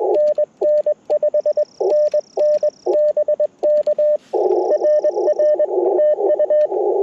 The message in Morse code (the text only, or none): NN 5NN BK RR TU